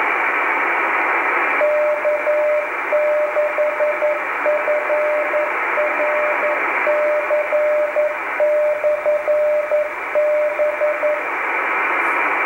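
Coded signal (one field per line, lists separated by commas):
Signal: Morse code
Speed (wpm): 11 wpm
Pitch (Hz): 600 Hz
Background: radio noise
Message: K6FRC/B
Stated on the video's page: 10-meter beacon in California, one of several beacons from this station.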